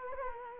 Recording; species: mosquito wingbeat signal from an infrared sensor; Culex quinquefasciatus